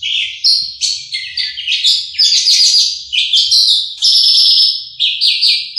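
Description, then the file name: Horsfield's bush lark song of rapid high chirps and trills in short bursts, ending with a long steady whistle and a few more notes. Individual bird named Mercy, owned by Om Donny; kept bird. "audio branjangan mercy milik om donny marga omkicau com"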